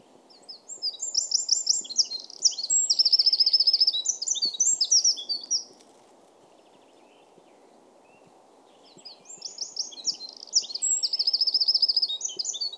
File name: Troglodytes troglodytes